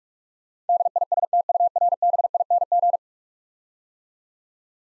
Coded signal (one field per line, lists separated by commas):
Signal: Morse code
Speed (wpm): 43 wpm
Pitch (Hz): 700 Hz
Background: none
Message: DISTURBING